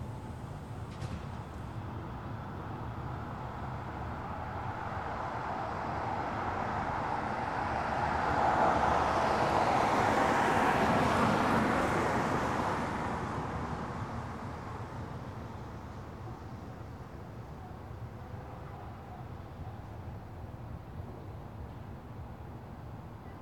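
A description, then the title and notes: Light car traffic passes in front of a storefront on a city street, with one vehicle swelling louder around ten seconds before fading away. A steady low street rumble fills the rest, with faint voices and a brief tick near the start. The back and forth movement of water is replicated by light car traffic in front of the Outpost coffee shop in Clinton Hill. Light foot traffic, friends saying goodbye, and a passing moped that jingles its way passed the storefront.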